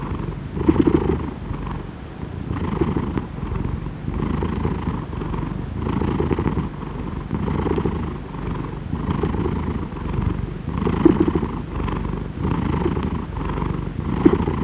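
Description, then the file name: Cat purr, low and rumbling, swelling and fading in a regular breathing rhythm. "Cat Purring"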